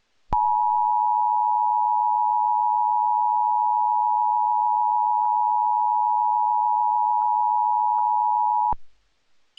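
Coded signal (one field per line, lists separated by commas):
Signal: Emergency Alert System (SAME) tones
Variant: 853 and 960 Hz attention tone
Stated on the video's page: Fictional recreation of a hijacked national EAS test; not real.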